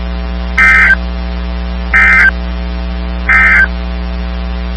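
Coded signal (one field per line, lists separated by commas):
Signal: Emergency Alert System (SAME) tones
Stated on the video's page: Severe storm alerts from NOAA weather radio stations in Illinois, Indiana, Texas and Florida.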